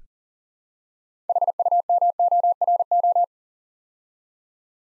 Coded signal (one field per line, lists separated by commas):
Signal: Morse code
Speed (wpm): 38 wpm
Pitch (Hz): 700 Hz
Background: none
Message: HUMORO